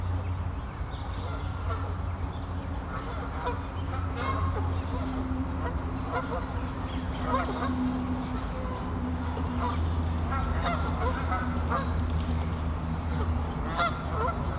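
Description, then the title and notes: Goose: geese calling in a busy chorus of short honks, fairly dense, with a strong steady low hum running underneath throughout. Geese on a castle pond in a botanical garden at Meise, Belgium; binaural recording. "Meise, jardin botanique. Des oies sur l'étang du chateau de Bouchout. Enregistrement binaural"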